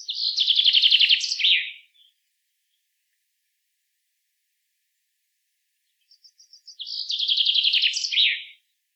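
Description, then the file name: Common chaffinch gives two songs about six seconds apart, each a rapid trill falling in pitch and closing with an emphatic twirl. "Fringilla coelebs"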